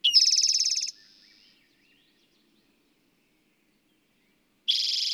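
Bird song: a loud, harsh, rattling trill fades into a softer buzz, followed by silence and then the start of another loud trill.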